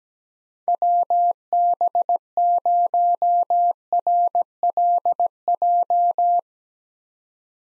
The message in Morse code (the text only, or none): WB0RLJ